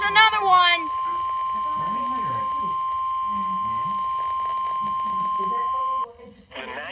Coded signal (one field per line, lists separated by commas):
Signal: Emergency Alert System (SAME) tones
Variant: 1050 Hz attention tone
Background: speech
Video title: Severe Thunderstorm Warning EAS #37